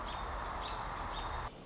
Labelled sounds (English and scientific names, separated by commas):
American Robin (Turdus migratorius)